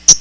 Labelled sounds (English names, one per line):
Hooded Warbler flight call